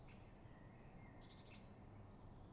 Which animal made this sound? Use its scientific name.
Parus major